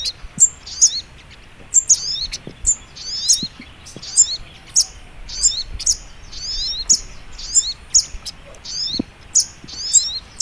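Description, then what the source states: Little Spiderhunter song: bright, high squeaky chirps in clustered bursts, some phrases doubled, continuing steadily with quiet hiss behind. Training (masteran) song in the Labaik style.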